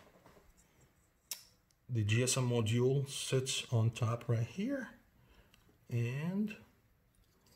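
A 4G Boron cellular/GSM module is handled above the female headers of a carrier circuit board for a mobile remote start build while someone talks. A sharp tick comes at 1.3 s along with a few faint taps. Nothing has seated or clicked yet; the module has not snapped onto the board.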